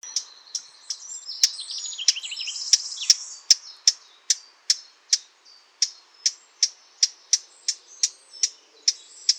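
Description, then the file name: Eurasian blackcap giving a brisk run of hard tacking notes, with a bubbling warble early on. "Sylvia atricapilla"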